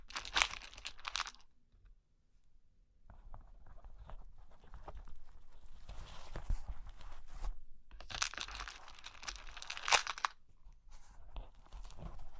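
Cork and wood are handled with tapping, scratching and tracing. Bright, dense scratching bursts open the clip and return around eight to ten seconds, with sharp taps near ten seconds, while softer rubbing and light knocks fill the middle after a brief quiet gap near two seconds.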